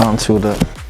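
A battery pack, just released from its charger, is being handled to slide onto a cordless polisher's battery mount while someone talks. Nothing has seated or clicked yet; the clip ends before the pack latches.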